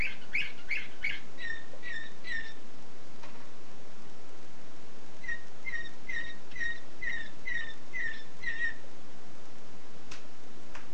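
Canary song: two phrases of repeated chirped notes separated by several seconds of quiet, with a soft hiss throughout.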